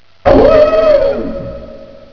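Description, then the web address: Wolf howl: one sustained tonal howl that rises slightly, holds, then fades. "Dieren WOLF"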